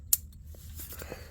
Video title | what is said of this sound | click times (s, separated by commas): 2005 RAM 1500 4x4 5.7L HEMI Engine Replacement - Best Guide On The Planet | Got to make sure it clicks. | 0.1 s